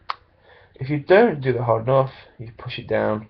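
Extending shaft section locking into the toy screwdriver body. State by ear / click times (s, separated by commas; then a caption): seated / 0.1 s. A plastic extending shaft section is pushed down hard into the body of a toy screwdriver while the claws are held. It locks with a sharp, loud click at 0.1 s, then someone talks.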